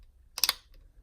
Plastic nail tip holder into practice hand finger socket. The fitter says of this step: you just insert it into the finger and you'll hear it click just